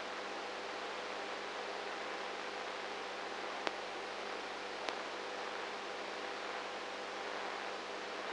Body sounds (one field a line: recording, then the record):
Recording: brain microelectrode recording played as sound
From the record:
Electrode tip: inside the subthalamic nucleus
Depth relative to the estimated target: -4 mm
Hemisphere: right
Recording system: NeuroSet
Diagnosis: Parkinson's disease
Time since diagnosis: 19 years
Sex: female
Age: 58 years